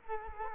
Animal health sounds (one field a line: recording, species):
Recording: mosquito wingbeat signal from an infrared sensor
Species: Culex quinquefasciatus